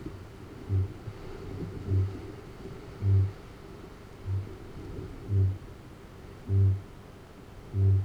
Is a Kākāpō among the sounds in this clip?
yes